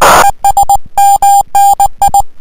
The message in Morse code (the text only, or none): ES MNI